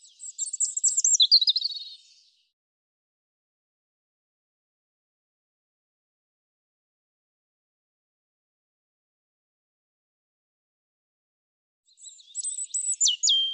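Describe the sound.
European robin song: a short burst of high, thin, rapidly varied warbling notes at the start, then about ten seconds of silence before another high twittering phrase.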